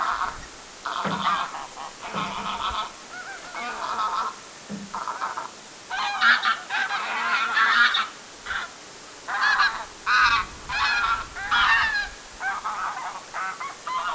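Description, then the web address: Domestic goose: domestic geese honking in a loud, overlapping flock chorus, nasal calls tumbling over one another in bursts with brief pauses throughout. Family of domestic geese shifting to a new feeding place along a shore, flying; recorded 22 July 2026. "paivat 22 7 2026 kotihanhiperhe vaihtaa ruokailupaikkaa rannalla lentaen"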